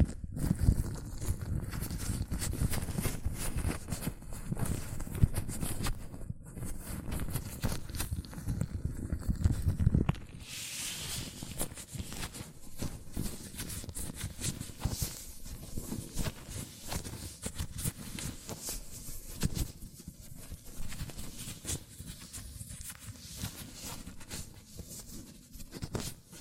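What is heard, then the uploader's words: Latex gloves rubbed and handled in dense, continuous crackling and squeaking, heavier and louder for the first ten seconds, then lighter and quieter. ASMR Latex Gloves Hand Sounds (No Talking).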